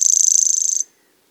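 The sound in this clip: Grasshopper song, a short burst of fast, evenly spaced pulses forming a high buzz that ends sharply after under a second.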